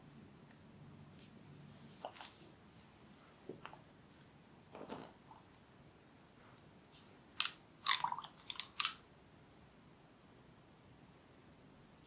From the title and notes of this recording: TimASMR-Real Person Hair Play, Back Tracing, Scratching & Massage (NO TALKING).